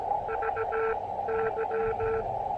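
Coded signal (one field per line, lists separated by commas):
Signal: Morse code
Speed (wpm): 17 wpm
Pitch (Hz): 450 Hz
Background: radio noise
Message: VY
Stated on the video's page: QRP CW park activation with rough propagation and interference, working DX.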